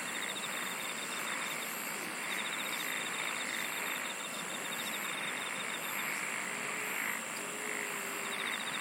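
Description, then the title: Insect chorus of a steady high whine and fast repeated pulses, with faint low tonal sounds near the end and continuous noise beneath. "SINGING OF INSECTS"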